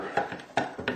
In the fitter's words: connector locks in